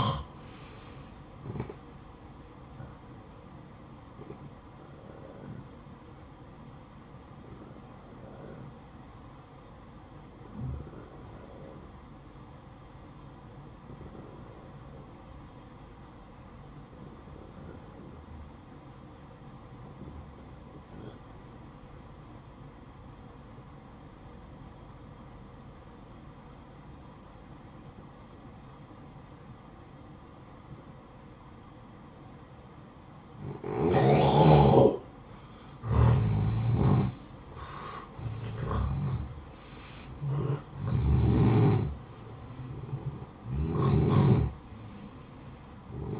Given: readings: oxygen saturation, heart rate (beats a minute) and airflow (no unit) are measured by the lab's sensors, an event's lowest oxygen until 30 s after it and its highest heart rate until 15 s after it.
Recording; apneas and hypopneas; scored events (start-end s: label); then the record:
breathing in sleep by a smartphone at the bedside; 1
5.00-33.80 s: hypopnea (N1, oxygen 94% highest, then 86% lowest, heart rate 62 at the start, 72 highest)
From the record:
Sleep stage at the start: N1 (lightest sleep); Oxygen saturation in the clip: 87 to 94%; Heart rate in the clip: 55 to 72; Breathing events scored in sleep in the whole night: 573 in 9.8 hours asleep